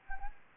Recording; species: mosquito wingbeat signal from an infrared sensor; Anopheles gambiae